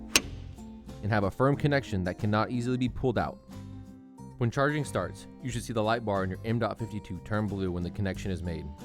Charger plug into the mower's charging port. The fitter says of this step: you should hear a click